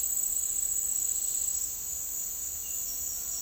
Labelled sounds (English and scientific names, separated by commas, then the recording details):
none
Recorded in dense forest near Puerto Asís, Putumayo, Colombia, on 21 March 2025 at 10:30
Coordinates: 0.499, -76.324
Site GP03